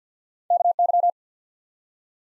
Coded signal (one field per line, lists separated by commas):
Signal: Morse code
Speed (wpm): 45 wpm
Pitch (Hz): 700 Hz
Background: none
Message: KY